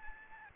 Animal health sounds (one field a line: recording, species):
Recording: mosquito wingbeat signal from an infrared sensor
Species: Aedes albopictus